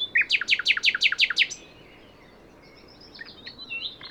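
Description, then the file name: Common nightingale song: a fast, regular series of loud sharp notes, about seven in quick succession, then soft high twittering. "Luscinia megarhynchos"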